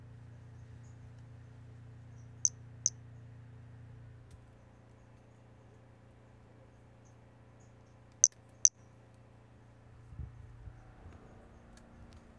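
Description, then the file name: Brachycephalus albolineatus calling with brief high-pitched chirps given in two pairs, each pair's notes close together, several seconds apart over a low hum. Individual 14, example 01; voucher specimen MNRJ 90349 collected. "Brachycephalus albolineatus individual 14 example 01 collected"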